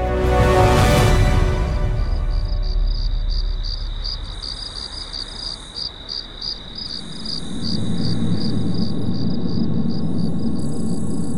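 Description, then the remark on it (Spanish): Crickets chirp in a steady, rapid rhythm of high-pitched pulses, following a brief loud rushing burst at the start, with a low rumbling hum swelling beneath them toward the end. “Y cuando llegó la noche, abrieron el cajón en el que custodiaban todas las historias y leyendas, y con el canto de los grillos, prosiguieron su viaje.”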